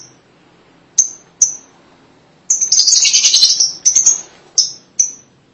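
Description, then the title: Lovebird calling: isolated sharp high chirps, then a shrill rapid chattering burst and more single chirps. "BM Suara Burung Lovebird"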